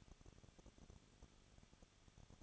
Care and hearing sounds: daily activity, microphone in the room; no activity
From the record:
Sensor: 4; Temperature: 23.0 degrees Celsius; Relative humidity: 34.6%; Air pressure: 1007.2 hPa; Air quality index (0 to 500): 215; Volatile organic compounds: 15 ppm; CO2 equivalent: 2499 ppm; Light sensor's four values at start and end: 2/3/1/1 and 2/3/1/1

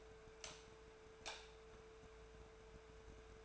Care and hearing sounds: daily activity, microphone in the room; light off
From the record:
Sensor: 2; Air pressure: 1014.6 hPa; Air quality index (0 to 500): 186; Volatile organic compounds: 14 ppm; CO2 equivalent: 2459 ppm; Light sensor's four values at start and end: 21/52/22/24 and 21/52/22/24

